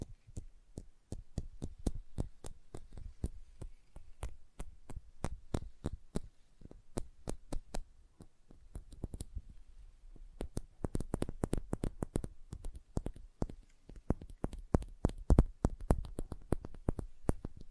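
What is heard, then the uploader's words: Light, sharp tapping in quick irregular bursts, sparser early on and growing denser and busier after about ten seconds, over a faint low hum. Sensitive Tapping.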